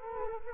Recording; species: mosquito wingbeat signal from an infrared sensor; Culex quinquefasciatus